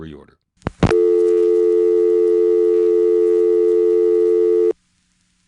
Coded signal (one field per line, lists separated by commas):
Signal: telephone call progress tone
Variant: North America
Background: speech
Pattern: dial tone